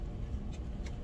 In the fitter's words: in should hear click